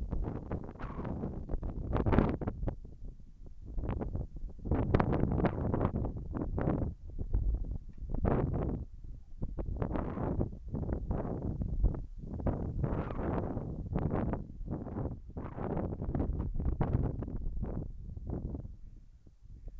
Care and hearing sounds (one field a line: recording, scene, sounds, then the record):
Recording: everyday scene through a hearing-aid microphone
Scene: wind on the microphone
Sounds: wind, whistling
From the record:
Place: in front of a rural house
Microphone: behind the ear, left, front